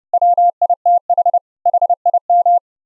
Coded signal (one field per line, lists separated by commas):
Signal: Morse code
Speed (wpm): 30 wpm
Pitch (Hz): 700 Hz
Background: none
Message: WITH HIM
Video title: send Morse Code Audio over the Internet using FFMPEG and the OPUS CODEC - LIVE demo